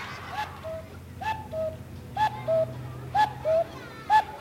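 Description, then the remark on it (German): An owl call repeats about four times in a steady rhythm, each a short hoot followed by a longer, mid-pitched tone, heard over a low, steady background hum. “Was ist das? Eine Eule, ja, gut, ja, oder?”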